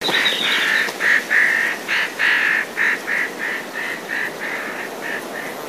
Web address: izumino saunndo hosigarasu